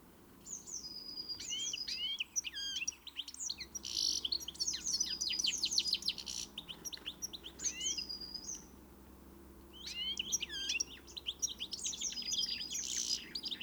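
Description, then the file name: European greenfinch giving fast twittering chirps and buzzy trills in long runs, a brief pause near nine seconds, over a steady low hum. "Chloris chloris"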